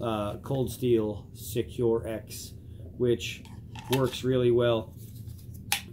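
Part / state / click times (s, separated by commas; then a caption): fixed-blade knife into molded plastic sheath / seated / 5.7 s. Someone talks as a Cold Steel Canadian Belt Knife, a fixed-blade knife, has its blade pushed into its molded plastic sheath. A sharp click at 5.7 s marks the knife locking in, seated firmly and held securely in the sheath.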